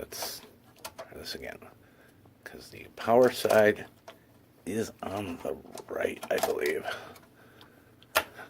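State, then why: Seated. A Cutler Hammer single-pole circuit breaker is pressed into an electrical panel on a second attempt while someone talks. At 8.2 s a sharp snap is heard as one side of the breaker snaps onto the bus stab and seats in place.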